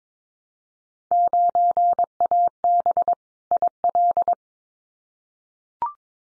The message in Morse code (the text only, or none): 9AB IL